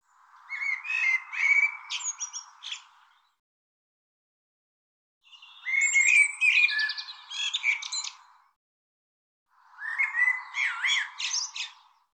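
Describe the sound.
Bird calls in three bursts of chirping, squawky and buzzy notes, each a few seconds long and separated by pauses.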